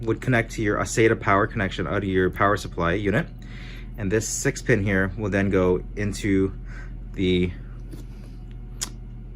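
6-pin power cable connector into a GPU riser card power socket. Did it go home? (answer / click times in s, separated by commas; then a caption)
yes / 8.8 s. Someone talks while holding a SATA-to-6-pin adapter cable, then pushes its 6-pin power connector into the plastic 6-pin power socket on a GPU riser card. A faint tick at 8.5 s is followed by a sharp snap at 8.8 s as the connector seats.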